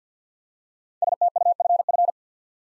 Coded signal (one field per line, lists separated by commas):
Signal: Morse code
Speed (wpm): 48 wpm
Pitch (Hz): 700 Hz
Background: none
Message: STUFF